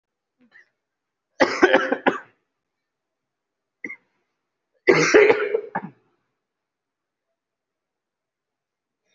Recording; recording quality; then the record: shallow voluntary cough; excellent, no background noise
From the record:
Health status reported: COVID-19 positive, mild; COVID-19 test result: positive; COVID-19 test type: RT-PCR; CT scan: not taken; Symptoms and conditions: cough, cold, fever, hypertension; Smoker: no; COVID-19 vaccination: both doses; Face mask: worn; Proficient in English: yes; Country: India